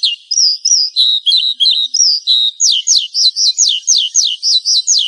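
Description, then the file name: Horsfield's bush lark song, high warbled phrases giving way to a fast series of sharp rising-falling sweeps, over a quiet background. "suara burung branjangan"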